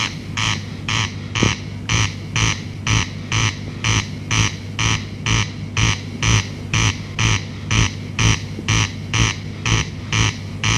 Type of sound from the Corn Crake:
song